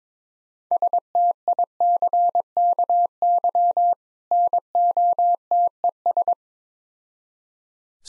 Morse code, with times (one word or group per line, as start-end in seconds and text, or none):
0.7-3.9 STICKY
4.3-6.3 NOTES